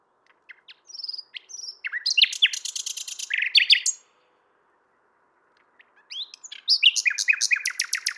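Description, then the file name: Common nightingale song: a dense, rattling phrase of rapid clicks and chirps, a pause, then another fast churring burst begins. "Luscinia megarhynchos"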